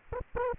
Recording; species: mosquito wingbeat signal from an infrared sensor; Aedes aegypti